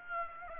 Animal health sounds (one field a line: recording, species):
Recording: mosquito wingbeat signal from an infrared sensor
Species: Aedes aegypti